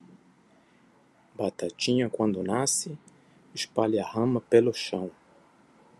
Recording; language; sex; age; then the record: short text; Brazilian Portuguese; male; 30 to 39 years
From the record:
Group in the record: control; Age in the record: 39 years